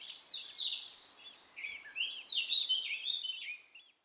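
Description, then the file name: Eurasian blackcap song, a fast, dense warble of twittering and slurred notes that rises and falls continuously over a faint background hiss. "Sylvia atricapilla"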